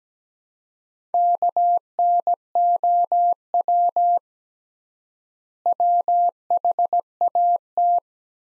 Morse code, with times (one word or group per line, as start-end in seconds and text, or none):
1.1-4.2 KNOW
5.7-8.0 WHAT